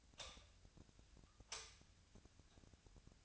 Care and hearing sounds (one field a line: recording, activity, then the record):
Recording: daily activity, microphone in the room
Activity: light on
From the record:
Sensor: 2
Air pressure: 1009.7 hPa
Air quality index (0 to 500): 182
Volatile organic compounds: 11 ppm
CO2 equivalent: 2278 ppm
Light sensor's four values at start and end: 28/69/30/33 and 33/86/36/39